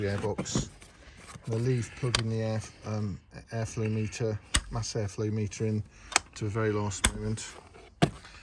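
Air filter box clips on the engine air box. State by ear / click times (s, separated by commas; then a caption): seated / 8.0 s. Someone talks while fitting the engine air filter box, then snaps its plastic retaining clips shut on the air box. A sharp click is heard at 8.0 seconds as the clips snap into place, seating the air box.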